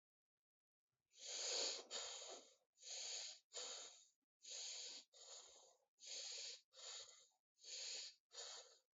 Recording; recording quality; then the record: shallow breathing; excellent, no background noise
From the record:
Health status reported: healthy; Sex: male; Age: 23 years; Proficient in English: yes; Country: India